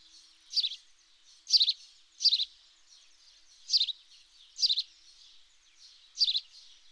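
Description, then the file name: House sparrow giving high chirps in small clusters, repeated roughly every second, with quieter chirping in between and no other clear sounds. "Passer domesticus"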